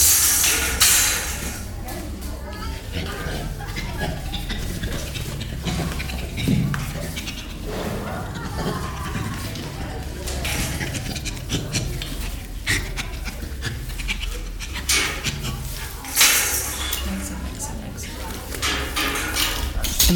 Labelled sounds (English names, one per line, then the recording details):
Western Gorilla call
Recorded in captivity
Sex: female
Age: juvenile
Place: Tiergarten Wilhelma/Stuttgart, Baden-Württemberg, DE
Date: 1996-09-21 14:15
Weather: sonnig, 16°C
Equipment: Sony MD-WM MZ-R3, Sennheiser ME 80, Kopie Uher 4000 Report Monitor
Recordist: Wendland-Tembrock, Sylvia